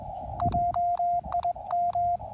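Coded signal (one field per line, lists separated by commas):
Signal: Morse code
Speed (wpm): 21 wpm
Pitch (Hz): 700 Hz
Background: radio noise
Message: JIM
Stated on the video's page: CW Parks on the Air activation sent with KXPD3 paddles used as a cootie key, Elecraft KX2 into a 9:1 vertical.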